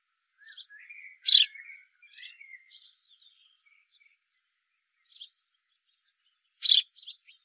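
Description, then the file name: House sparrow calls: two loud, sharp chirps about five seconds apart, with faint scratchy twitters and thin whistles early on. "Passer domesticus"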